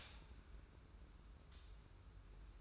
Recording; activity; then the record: daily activity, microphone in the room; stop toaster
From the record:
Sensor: 2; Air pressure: 991.5 hPa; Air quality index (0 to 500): 188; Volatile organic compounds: 1000 ppm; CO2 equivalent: 6156 ppm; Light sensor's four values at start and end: 32/98/38/36 and 32/98/38/36